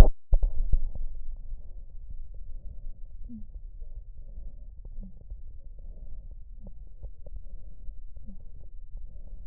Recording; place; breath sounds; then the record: lung sounds by stethoscope; right posterior upper chest; expiratory wheeze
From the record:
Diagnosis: asthma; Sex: female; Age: 49 years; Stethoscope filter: extended mode, 50 to 500 Hz